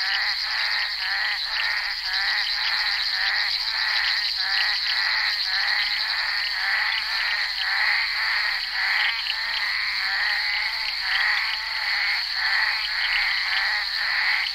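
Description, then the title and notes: Busy bullfrog chorus, rapid rattling croaks from many animals running together without pause over a sustained high buzz. Recorded during the filming of Henri Duparc's film Bal poussière, February 1988. "crapaux buffle. enregistré sur le tournage Bal poussière dhenri duparc en février 1988"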